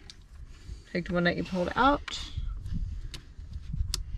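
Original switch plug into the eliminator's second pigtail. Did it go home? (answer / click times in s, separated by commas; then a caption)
yes / 3.9 s. On a 2021 Bronco, the original plastic connector pulled from the switch is pushed into the second pigtail of the auto start-stop eliminator harness while someone talks. Faint handling ticks lead up to a loud, sharp snap at 3.9 s as the plug clicks fully into place.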